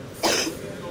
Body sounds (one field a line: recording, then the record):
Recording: coughing mixed with background sound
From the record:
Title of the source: 61 morning phlegmy cough...again